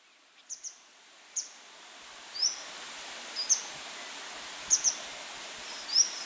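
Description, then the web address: Grey wagtail calls: thin high chips given singly and in quick doubles, irregularly spaced, some fainter than others, over a soft background hiss. Recorded on 25 June 2018. "fagelljud 20180625 forsarla"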